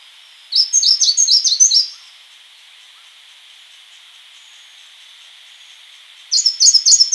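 Grey-cheeked warbler singing a high, quick series of warbled notes for over a second, then a pause, then a similar rapid high phrase near the end.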